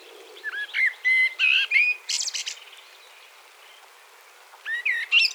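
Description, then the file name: Common blackbird with mellow whistled notes and a burst of high scratchy twittering, then a quiet spell before more whistles near the end. "Turdus merula"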